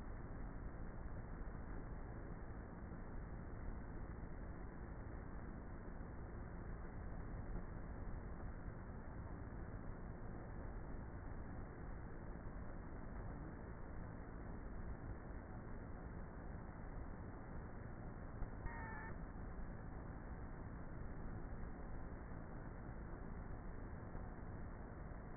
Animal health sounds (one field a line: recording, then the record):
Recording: honeybee colony, microphone inside the hive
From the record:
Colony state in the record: queenless with a low population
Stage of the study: before two queens were removed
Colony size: about 30,000 bees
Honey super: no